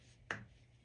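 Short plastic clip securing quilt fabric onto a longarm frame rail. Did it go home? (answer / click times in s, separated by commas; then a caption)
yes / 0.3 s. A short, smaller plastic snap clip is fitted by hand onto a longarm quilting frame rail to secure quilt fabric. A single sharp click at 0.3 s stands out over a quiet background. The clip snaps on and is seated.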